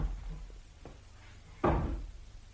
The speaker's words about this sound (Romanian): Ce-a fost asta? Nimic. A căzut un scaun în camera de alături.